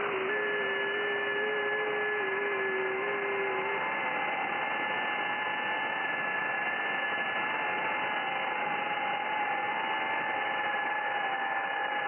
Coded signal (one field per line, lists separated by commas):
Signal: FT8